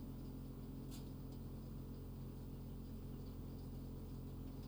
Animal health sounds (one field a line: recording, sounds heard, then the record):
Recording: poultry house recording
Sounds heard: healthy chickens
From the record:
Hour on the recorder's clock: 23